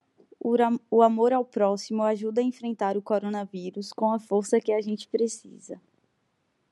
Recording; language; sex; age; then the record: spoken sentence; Brazilian Portuguese; female; 20 to 29 years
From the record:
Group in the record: control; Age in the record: 24 years